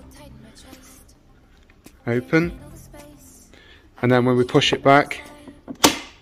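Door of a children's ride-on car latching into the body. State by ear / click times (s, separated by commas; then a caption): seated / 5.9 s. Someone talks while the plastic door of a TOYMAX licensed BMW 507 classic children's ride-on car is pushed closed. At about 5.9 s a sharp click sounds as the door latch shuts and locks the door into the car's body.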